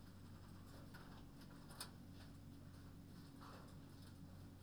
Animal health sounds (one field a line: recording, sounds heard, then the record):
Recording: poultry house recording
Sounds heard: no chicken sound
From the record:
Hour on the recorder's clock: 23